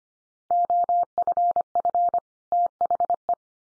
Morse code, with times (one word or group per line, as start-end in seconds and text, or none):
0.5-2.2 OFF
2.5-3.3 THE